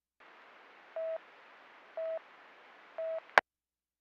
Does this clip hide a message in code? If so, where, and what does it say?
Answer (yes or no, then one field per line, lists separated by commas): no